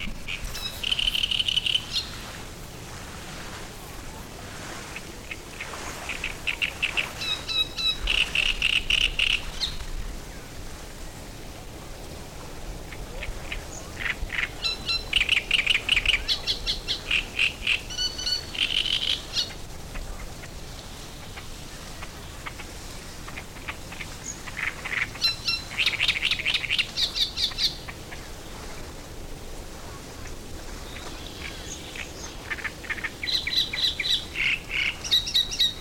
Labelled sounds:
Great Reed Warbler (Acrocephalus arundinaceus)

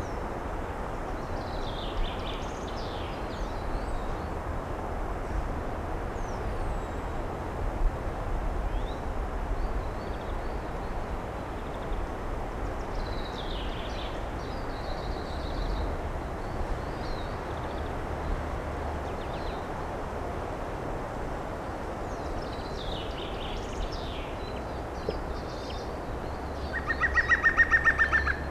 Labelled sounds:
European Green Woodpecker (Picus viridis) song

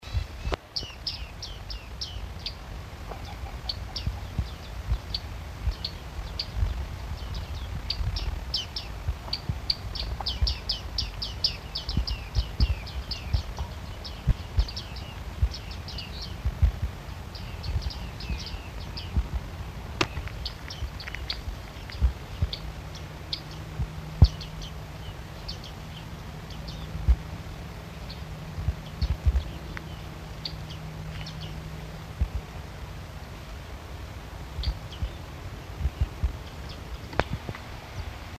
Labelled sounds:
Bearded Reedling (Panurus biarmicus) call

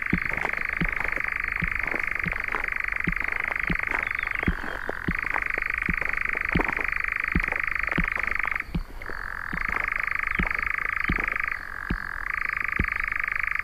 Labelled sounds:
Eurasian Nightjar (Caprimulgus europaeus) song

